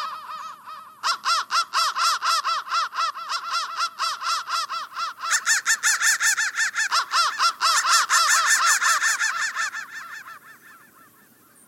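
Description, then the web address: Crows calling after a brief quiet start, a steady stream of harsh caws from many birds that swells in the middle and then fades out. "soundfactory crow 1"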